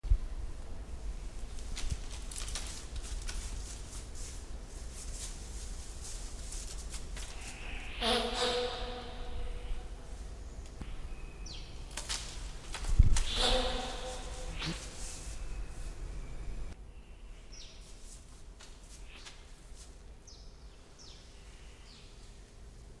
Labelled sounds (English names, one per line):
Dama Gazelle snorting